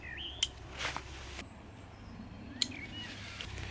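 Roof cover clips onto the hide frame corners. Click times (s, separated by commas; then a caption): 0.4 s, 2.6 s. The fabric roof cover of a Tragopan Hokki V2 low-level wildlife photography hide is snapped onto the corners of the hide frame with small plastic corner clips, against a steady low background noise with faint chirp-like whistles. Two sharp clicks sound at 0.4 s and 2.6 s, and the cover is seated in place.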